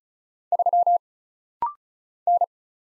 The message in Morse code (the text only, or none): 3 N